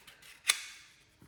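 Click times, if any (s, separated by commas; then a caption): 0.5 s. The plastic follower of a Mercury Rise Intrubuster .68 less-lethal launcher magazine is slid down and locks into place with a single sharp, bright click at 0.5 s. The click's high-frequency ring fades out over the next few tenths of a second, with only faint small ticks around it, confirming the follower has seated.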